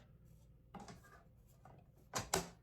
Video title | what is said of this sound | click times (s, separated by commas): Boost Your Productivity! Triple Screen Laptop Extender Unboxing & Review (2025 Model) | and then we can put these back which it is magnetic the literally just snap right into place | 0.8 s, 2.3 s